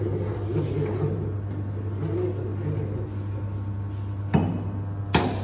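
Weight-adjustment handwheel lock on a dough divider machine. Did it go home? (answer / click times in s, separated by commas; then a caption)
yes / 5.1 s. After the dough-piece weight is set on a dough divider machine, the weight-adjustment handwheel is locked so it holds properly, over a steady low machine hum. A faint tick comes at 1.5 s and a duller knock at 4.3 s. A sharp, loud knock at 5.1 s marks the handwheel lock engaging and seating.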